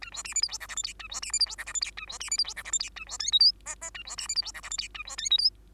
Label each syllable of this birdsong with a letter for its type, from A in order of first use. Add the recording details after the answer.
A B C D E F G H I J A B C D E F G H I J A B C D E F G H I J A B K L M N N A B C D E F G H I J A B K L M. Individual Bird2